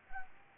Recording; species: mosquito wingbeat signal from an infrared sensor; Anopheles gambiae